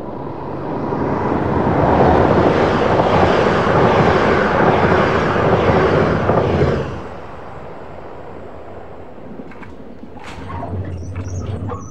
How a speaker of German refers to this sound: Das Geräusch der Eisenbahn.